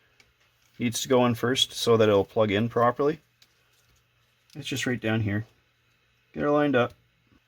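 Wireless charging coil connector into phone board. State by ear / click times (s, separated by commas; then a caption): not seated / none. During reassembly of a Samsung Galaxy S20+, the wireless charging unit is lined up over the phone board so its connector can plug in, since it needs to go in first to plug in properly. Someone talks throughout, with only faint brief ticks in the quiet gaps. Nothing has seated or clicked yet.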